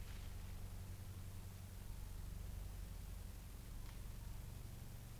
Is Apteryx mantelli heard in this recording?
no